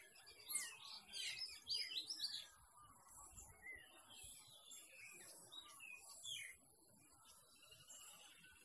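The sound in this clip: Birds chirping busily for the first few seconds, then thinning to scattered faint notes over a rough background hiss.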